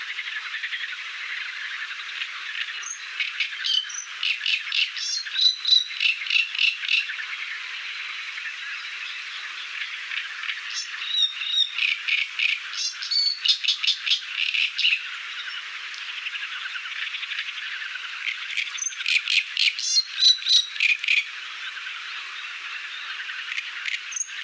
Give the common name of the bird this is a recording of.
Great Reed Warbler